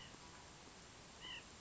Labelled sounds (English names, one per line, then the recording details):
White-breasted Nuthatch
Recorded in Sonoma County, California